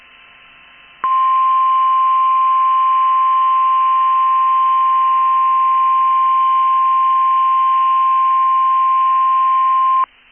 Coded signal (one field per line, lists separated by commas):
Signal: Emergency Alert System (SAME) tones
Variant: 1050 Hz attention tone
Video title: 2/16/22 GUSTS UP TO 60 KNOTS!!! Required Weekly Test EAS#147